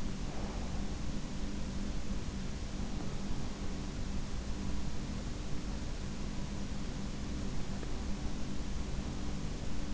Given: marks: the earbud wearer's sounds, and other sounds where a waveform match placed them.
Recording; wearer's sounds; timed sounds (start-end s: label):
sounds in sleep by an in-ear microphone; breath
0.00-1.25 s: breath